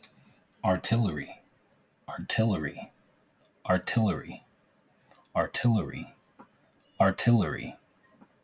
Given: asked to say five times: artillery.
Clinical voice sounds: repeated word; male; 30 to 39 years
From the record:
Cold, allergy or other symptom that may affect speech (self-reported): no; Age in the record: 33 years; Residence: North Carolina, United States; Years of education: 15

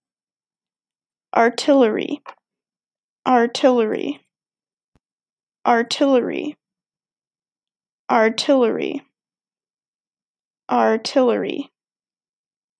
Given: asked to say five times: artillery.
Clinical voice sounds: repeated word; female; 20 to 29 years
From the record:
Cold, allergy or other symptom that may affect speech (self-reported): no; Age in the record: 28 years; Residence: Oklahoma, United States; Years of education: 14

